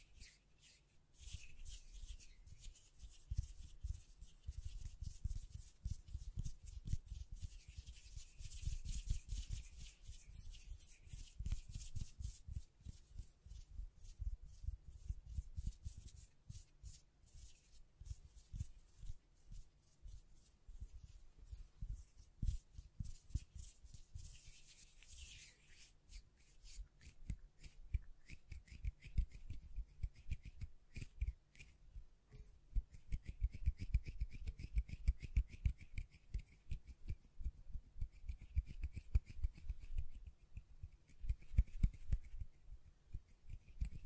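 Hands tap, scratch and brush across a microphone in a dense, continuous run of soft strokes and quick taps. Low thumps are mixed with a bright hiss that swells strongest around 7–12 and 22–26 seconds, while sharper, busier tapping picks up after 33 seconds.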